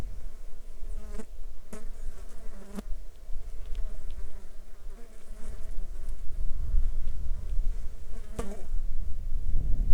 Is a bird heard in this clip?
no